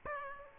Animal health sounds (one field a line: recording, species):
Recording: mosquito wingbeat signal from an infrared sensor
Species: Aedes aegypti